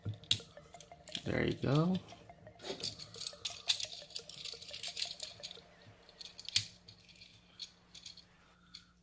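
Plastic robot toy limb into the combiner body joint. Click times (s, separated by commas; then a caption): 0.3 s. A Constructicon combiner figure's plastic leg connection is pushed onto the combiner body joint and snaps into place with a sharp click at 0.3 s. Afterward someone talks, with more light plastic clicks and rattling from handling the toy and a firmer tap near 6.6 s.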